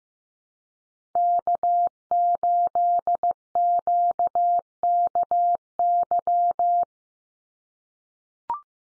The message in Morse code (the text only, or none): K8QKY